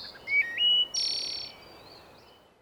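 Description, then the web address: Birds give a short whistled phrase that jumps upward, then a loud buzzy burst that slowly fades, over soft background hiss. Birdsong in spring. "son sons de la nature chant des oiseaux au printemps"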